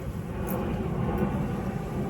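The plastic tower and incline of a pet fountain are felt and lined up by hand, with a notch on the back of the incline meant to hold the tower in place. Only a steady, broad low rumble and hiss is heard, with no distinct clicks or sharp sounds. The tower has not yet snapped or seated into place.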